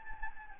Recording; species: mosquito wingbeat signal from an infrared sensor; Anopheles gambiae